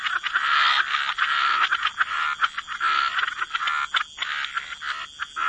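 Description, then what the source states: Frogs calling together in a thick chorus, with buzzy overlapping pulses and a steady ringing tone running throughout. Frog chorus mixed with white noise.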